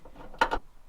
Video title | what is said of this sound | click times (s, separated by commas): Tacoma Side Marker LED Lights & Install | there we go. Get that locked into place. | 0.4 s